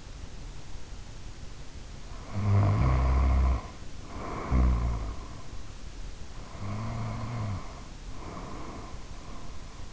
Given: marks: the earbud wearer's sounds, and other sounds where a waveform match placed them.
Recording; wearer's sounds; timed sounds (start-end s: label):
sounds in sleep by an in-ear microphone; snoring breath
2.11-5.66 s: snoring breath
6.31-9.93 s: snoring breath